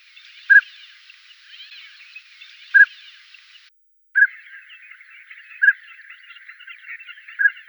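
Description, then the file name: Northern pintail calls: several short whistled notes at irregular intervals over a faint hiss. "Anas acuta"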